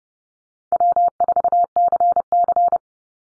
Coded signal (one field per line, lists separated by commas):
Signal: Morse code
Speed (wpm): 30 wpm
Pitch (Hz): 700 Hz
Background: none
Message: W4CC